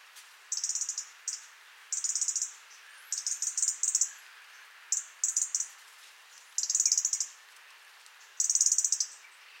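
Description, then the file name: European robin calling in short bursts of fast, high, dry ticks, repeated irregularly every one to two seconds throughout. "Erithacus rubecula"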